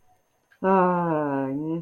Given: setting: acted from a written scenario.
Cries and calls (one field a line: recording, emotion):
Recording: vocal sound without words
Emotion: contentment